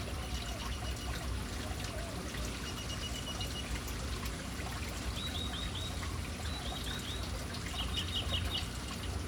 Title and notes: Urban birds at fountain. Relaxing sounds of City Birds hanging around fountain